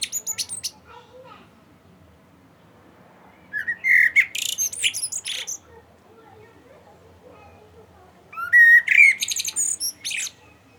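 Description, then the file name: Common blackbird song phrases: brief fluty notes that break into shrill, scratchy twitters, three phrases separated by pauses. "Turdus merula"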